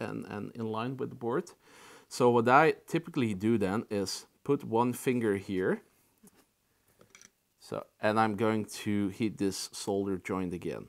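Someone talks while a finger holds a pin header connector that is not sitting flush on a circuit board, keeping it in place before its solder joint is reheated. Only faint handling ticks are heard in a quiet gap around 6.3 to 7.3 s. Nothing has seated or clicked yet.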